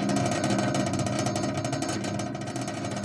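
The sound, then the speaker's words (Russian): A refrigerator in a kitchen shakes and rattles with a loud, steady mechanical hum and a fast, uneven clatter running through the whole few seconds, with no voices. “Холодильник трясется.”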